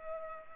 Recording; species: mosquito wingbeat signal from an infrared sensor; Culex pipiens